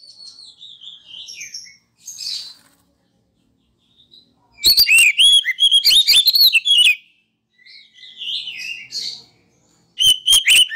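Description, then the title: Oriental magpie-robin song in bursts, with soft warbled phrases between loud rapid runs of sharp whistled and clicking notes. Masteran (training) recording of a kacer, played to provoke other kacer into singing vigorously (gacor); reported as having made a kacer into a champion. "Masteran Kacer Yang Sukses Memancing Kacer Gacor Sampai Jadi Juara"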